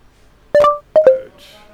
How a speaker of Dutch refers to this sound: Nou, dat geluid dat blijft maar komen de hele tijd. Ik weet niet of dit betekent dat onze lieve luisteraar ook steeds die meldingen van mijn telefoon hoort. Ik ga ze nu uitzetten.